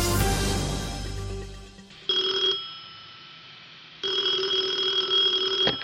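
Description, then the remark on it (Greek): An old telephone bell rings twice, a short burst followed by a longer sustained ring, both loud and metallic with steady high tones, after a fading resonant chord at the start. “Το 1949 μίλησες για πρώτη φορά στο τηλέφωνο, όταν φέραμε τις τηλεπικοινωνίες στην Ελλάδα.”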